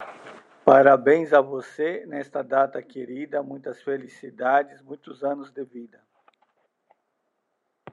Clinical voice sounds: short text; Brazilian Portuguese; male; 40 to 49 years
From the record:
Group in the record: control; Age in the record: 44 years

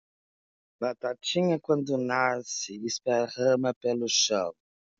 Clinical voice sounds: short text; Brazilian Portuguese; female; 50 to 59 years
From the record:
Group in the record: control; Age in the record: 55 years

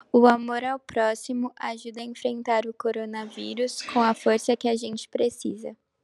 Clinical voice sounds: spoken sentence; Brazilian Portuguese; female; 20 to 29 years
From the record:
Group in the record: control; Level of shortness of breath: 0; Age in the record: 23 years

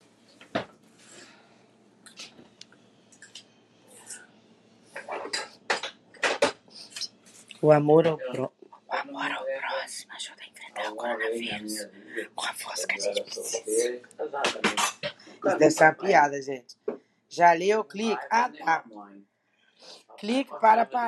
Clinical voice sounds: spoken sentence; Brazilian Portuguese; female; 40 to 49 years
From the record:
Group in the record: control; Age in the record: 48 years

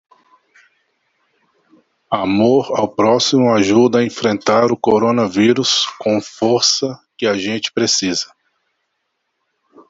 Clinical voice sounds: spoken sentence; Brazilian Portuguese; male; 40 to 49 years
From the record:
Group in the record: control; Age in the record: 47 years

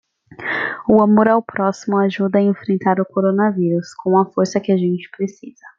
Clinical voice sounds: spoken sentence; Brazilian Portuguese; female; 20 to 29 years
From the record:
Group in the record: control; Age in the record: 22 years

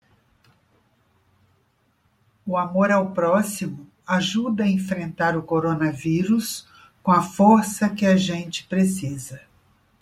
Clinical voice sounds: spoken sentence; Brazilian Portuguese; female; 70 to 79 years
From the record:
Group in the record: control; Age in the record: 70 years

